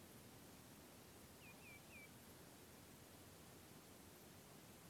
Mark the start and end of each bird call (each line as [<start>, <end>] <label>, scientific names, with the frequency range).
[1.40, 2.10] Tringa nebularia (2.3-3.0 kHz)